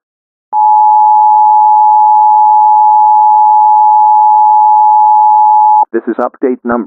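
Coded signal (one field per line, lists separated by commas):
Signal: Emergency Alert System (SAME) tones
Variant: 853 and 960 Hz attention tone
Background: speech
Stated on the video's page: Made-up radio emergency alert for a hypothetical nuclear meltdown, partly real scripts, partly invented.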